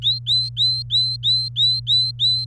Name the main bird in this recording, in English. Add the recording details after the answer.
Domestic Canary. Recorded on 27 April 2018 at 08:49. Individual llb3